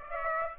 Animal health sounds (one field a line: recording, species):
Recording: mosquito wingbeat signal from an infrared sensor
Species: Aedes aegypti